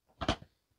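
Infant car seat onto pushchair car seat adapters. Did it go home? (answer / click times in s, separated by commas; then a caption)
yes / 0.2 s, 0.3 s. A Maxi-Cosi Pebble Pro 360 infant car seat is lined up and pushed down onto the car seat adapters of an iCandy Orange 4 pushchair. Two sharp clicks sound at about 0.2 s and 0.3 s, followed by a faint low thud, as the seat locks in place on the adapters.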